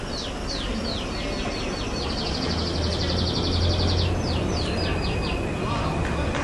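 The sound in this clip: Canary song: fast rattling trills and chirps repeated in rapid runs, over steady low rumbling background noise.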